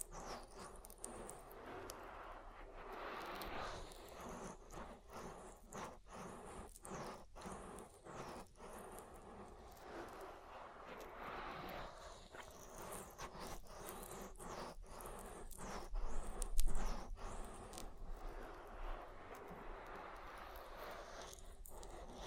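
Oily ear massage with steady wet rubbing and slick squelching, broken by frequent short dips and brief pauses, a louder burst near sixteen seconds.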